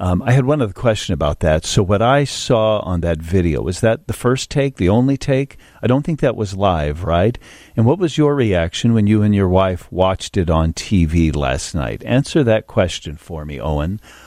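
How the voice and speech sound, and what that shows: A radio host asks a father questions over the phone in fluent, well-paced conversational speech with a steady low male voice and no disfluencies.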